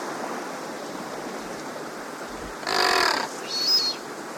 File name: Blue Duck